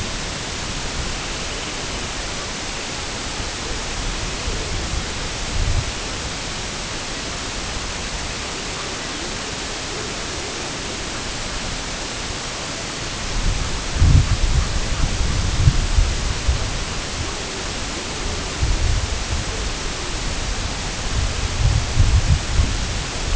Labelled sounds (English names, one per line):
Semipalmated Sandpiper
unidentified sound